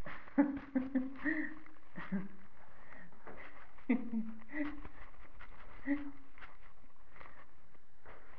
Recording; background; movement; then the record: laughter; quiet; sitting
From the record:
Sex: female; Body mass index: 25.5 kg/m2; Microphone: on the chest, facing the body